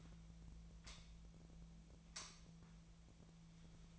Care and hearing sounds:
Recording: daily activity, microphone in the room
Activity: light on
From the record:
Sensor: 1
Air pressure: 1009.8 hPa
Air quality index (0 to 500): 189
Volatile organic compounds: 17 ppm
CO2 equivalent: 2593 ppm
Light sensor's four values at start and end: 35/90/38/46 and 46/133/54/62

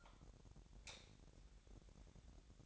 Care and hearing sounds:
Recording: daily activity, microphone in the room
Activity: light off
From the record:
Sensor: 3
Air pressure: 1011.9 hPa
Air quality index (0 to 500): 226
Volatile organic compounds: 4 ppm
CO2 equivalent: 1682 ppm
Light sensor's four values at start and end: 16/39/17/16 and 14/32/13/14

